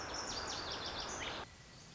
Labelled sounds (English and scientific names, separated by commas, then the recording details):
Lazuli Bunting (Passerina amoena)
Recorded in Sonoma County, California